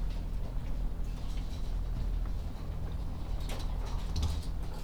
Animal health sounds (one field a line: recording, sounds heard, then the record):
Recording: poultry house recording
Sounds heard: sick chickens (respiratory disease)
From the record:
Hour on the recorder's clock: 14